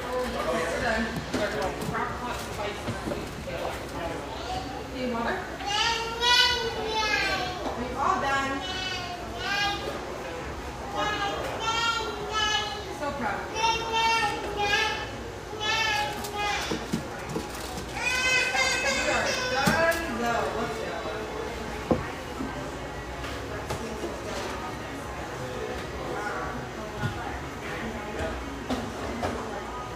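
A busy café full of overlapping conversation, with a steady murmur of voices underneath. Between about 5 and 20 seconds, a few louder voices, possibly children, rise above the chatter in animated bursts, then the room settles back into a softer, even babble.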